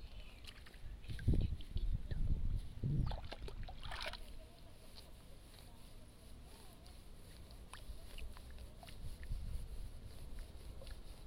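Rice seedlings are being pulled by hand from a flooded nursery bed and tied into bundles. Low sloshing and splashing thumps cluster in the first four seconds, with a sharp rustle near four seconds, then quieter wet handling and small clicks continue steadily.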